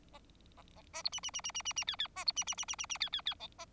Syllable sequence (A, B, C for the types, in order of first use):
A A A B C C C C C C C D D A B C C C C C C D D D E A